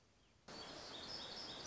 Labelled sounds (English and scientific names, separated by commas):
Black-throated Gray Warbler (Setophaga nigrescens)